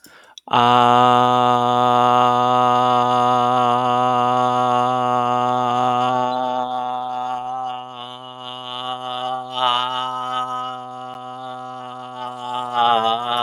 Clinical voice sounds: vowel held as long as possible; male; 30 to 39 years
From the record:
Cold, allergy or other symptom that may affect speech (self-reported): no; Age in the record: 32 years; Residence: Virginia, United States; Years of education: 16

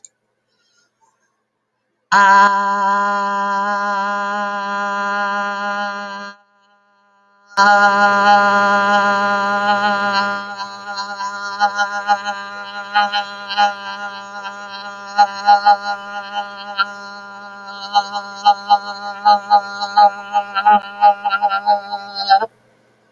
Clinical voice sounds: vowel held as long as possible; female; 40 to 49 years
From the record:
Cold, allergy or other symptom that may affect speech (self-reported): no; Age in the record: 40 years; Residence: Alaska, United States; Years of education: 17

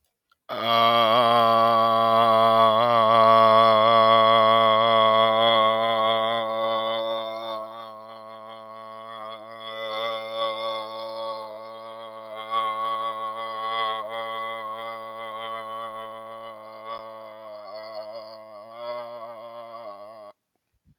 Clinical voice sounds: vowel held as long as possible; male; 40 to 49 years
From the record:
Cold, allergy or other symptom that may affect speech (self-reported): no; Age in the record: 43 years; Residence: Virginia, United States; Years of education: 17

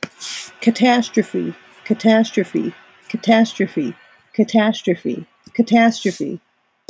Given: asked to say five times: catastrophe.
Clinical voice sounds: repeated word; female; 40 to 49 years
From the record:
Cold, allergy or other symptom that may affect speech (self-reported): no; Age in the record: 44 years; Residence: Illinois, United States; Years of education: 12

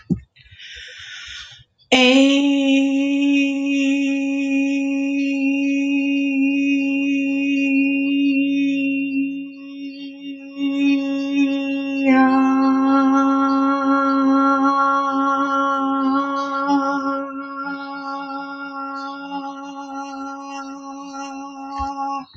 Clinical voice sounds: vowel held as long as possible; female; 30 to 39 years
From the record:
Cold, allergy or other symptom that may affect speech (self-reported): no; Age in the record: 30 years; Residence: South Carolina, United States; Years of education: 12

